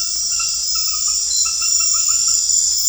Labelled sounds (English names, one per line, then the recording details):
none
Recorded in secondary vegetation near Puerto Asís, Putumayo, Colombia, on 28 February 2025 at 21:00
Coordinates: 0.484, -76.319
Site G010